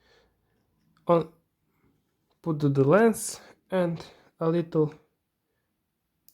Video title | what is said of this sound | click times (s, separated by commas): !!Something new from the offer!! Record everything that happens with VIOFO WM1 | push and you hear click and another powering up and | 6.3 s